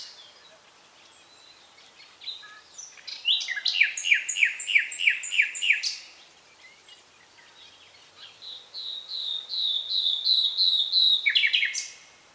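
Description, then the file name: Common nightingale song with two rich phrases, each a rapid repeated chattering of loud notes, separated by a short silence. "Luscinia megarhynchos"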